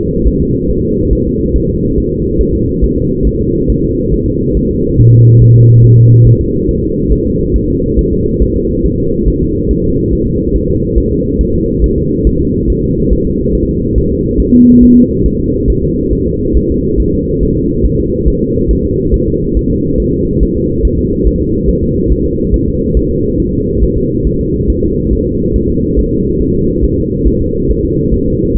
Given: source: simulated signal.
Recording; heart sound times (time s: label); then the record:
fetal heart sounds
0.28 s: S1
0.42 s: S2
0.70 s: S1
0.85 s: S2
1.13 s: S1
1.27 s: S2
1.56 s: S1
1.70 s: S2
1.98 s: S1
2.12 s: S2
2.41 s: S1
2.55 s: S2
2.84 s: S1
2.98 s: S2
3.27 s: S1
3.41 s: S2
3.70 s: S1
3.84 s: S2
4.14 s: S1
4.28 s: S2
4.57 s: S1
4.71 s: S2
5.00 s: S1
5.14 s: S2
5.42 s: S1
5.56 s: S2
5.84 s: S1
5.98 s: S2
6.27 s: S1
6.41 s: S2
6.69 s: S1
6.84 s: S2
7.12 s: S1
7.27 s: S2
7.56 s: S1
7.70 s: S2
7.99 s: S1
8.13 s: S2
8.42 s: S1
8.57 s: S2
8.86 s: S1
9.00 s: S2
9.28 s: S1
9.42 s: S2
9.71 s: S1
9.85 s: S2
10.13 s: S1
10.28 s: S2
10.56 s: S1
10.70 s: S2
10.98 s: S1
11.12 s: S2
11.41 s: S1
11.55 s: S2
11.84 s: S1
11.98 s: S2
12.27 s: S1
12.41 s: S2
12.70 s: S1
12.84 s: S2
13.13 s: S1
13.27 s: S2
13.55 s: S1
13.69 s: S2
13.98 s: S1
14.12 s: S2
14.40 s: S1
14.54 s: S2
14.83 s: S1
14.97 s: S2
15.26 s: S1
15.40 s: S2
15.70 s: S1
15.84 s: S2
16.13 s: S1
16.27 s: S2
16.57 s: S1
16.71 s: S2
17.00 s: S1
17.14 s: S2
17.43 s: S1
17.57 s: S2
17.86 s: S1
18.00 s: S2
18.28 s: S1
18.42 s: S2
18.71 s: S1
18.85 s: S2
19.14 s: S1
19.28 s: S2
19.57 s: S1
19.71 s: S2
20.00 s: S1
20.14 s: S2
20.43 s: S1
20.57 s: S2
20.85 s: S1
20.99 s: S2
21.27 s: S1
21.41 s: S2
21.69 s: S1
21.83 s: S2
22.12 s: S1
22.26 s: S2
22.54 s: S1
22.68 s: S2
22.97 s: S1
23.11 s: S2
23.40 s: S1
23.54 s: S2
23.83 s: S1
23.98 s: S2
24.27 s: S1
24.41 s: S2
24.70 s: S1
24.84 s: S2
25.13 s: S1
25.27 s: S2
25.56 s: S1
25.70 s: S2
25.99 s: S1
26.13 s: S2
26.42 s: S1
26.56 s: S2
26.85 s: S1
26.99 s: S2
27.27 s: S1
27.42 s: S2
27.70 s: S1
27.85 s: S2
28.14 s: S1
28.28 s: S2
28.57 s: S1
From the record:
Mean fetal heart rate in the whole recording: 140 bpm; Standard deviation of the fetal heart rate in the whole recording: 2 bpm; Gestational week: 34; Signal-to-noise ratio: -14.7 dB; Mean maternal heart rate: 72 bpm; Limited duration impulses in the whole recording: present